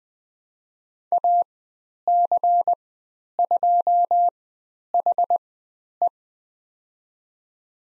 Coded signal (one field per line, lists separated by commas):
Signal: Morse code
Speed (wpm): 20 wpm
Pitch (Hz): 700 Hz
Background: none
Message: AC2HE